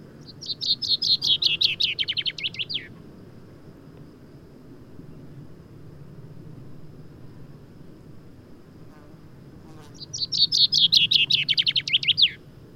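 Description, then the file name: Common chaffinch singing two full songs separated by about seven seconds, each a cascading run of chirpy notes dropping in pitch and closing with a quick terminal flourish, over a low background hum. "Fringilla coelebs"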